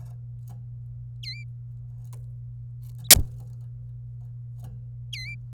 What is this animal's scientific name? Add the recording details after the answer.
Serinus canaria. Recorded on 26 April 2018 at 15:43. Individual llb3